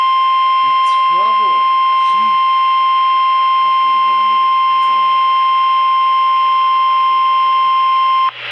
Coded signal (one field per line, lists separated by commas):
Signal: Emergency Alert System (SAME) tones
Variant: 1050 Hz attention tone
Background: speech